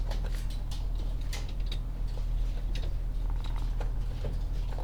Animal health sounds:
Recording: poultry house recording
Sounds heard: sick chickens (respiratory disease)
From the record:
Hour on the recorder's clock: 14

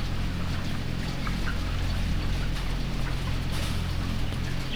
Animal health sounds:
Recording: poultry house recording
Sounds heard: healthy chickens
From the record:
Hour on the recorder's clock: 14

